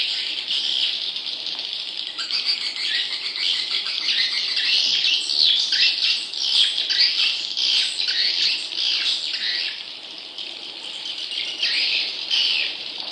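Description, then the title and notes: Leafbird pouring out a long, fast, continuous chattering song, barely pausing. Labelled as the daun kecil type of cucak ijo. "CCKIJDaunKecil. Cucak Ijo"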